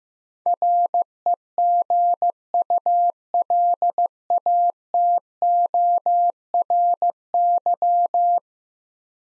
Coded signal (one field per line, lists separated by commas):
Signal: Morse code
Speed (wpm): 15 wpm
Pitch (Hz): 700 Hz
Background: none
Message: REGULATORY